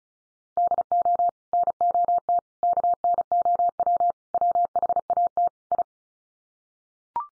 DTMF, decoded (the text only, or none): none